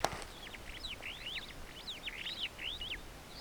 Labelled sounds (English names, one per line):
Superb Starling flight call